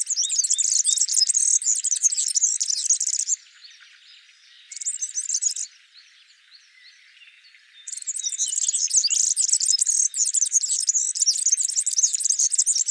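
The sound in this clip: European serin song: fast, high-pitched glassy jingling phrases, a three-second burst, a short snatch, then a long sizzling trill after a quiet gap.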